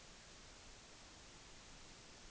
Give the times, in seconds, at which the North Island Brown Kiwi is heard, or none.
none